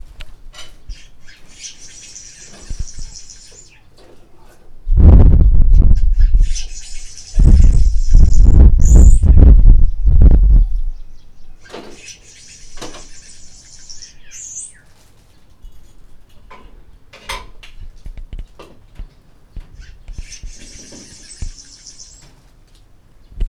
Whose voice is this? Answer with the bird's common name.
Red-headed Weaver